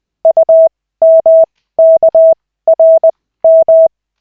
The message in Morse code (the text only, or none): UMKRM